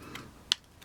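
A second plastic connector piece is angled into the modular display base of a 2020 Halo Spartan MK VII with Pulse Carbine 4-inch (1/18 scale) action figure and pushed in. After a faint tick, a sharp, bright plastic snap sounds at 0.5 s as the piece seats into place, followed by another faint tick near the end.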